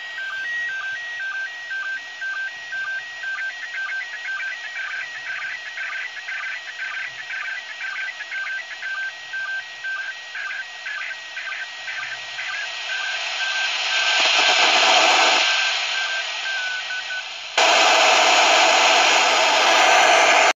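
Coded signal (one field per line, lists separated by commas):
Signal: SSTV (slow-scan television)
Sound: warbling, rhythmically pulsing tones for twelve seconds, then loud hissing FM noise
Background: FM radio static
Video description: Receiving SSTV images from ISS during the event of "Expedition 59 - ARISS Series 13"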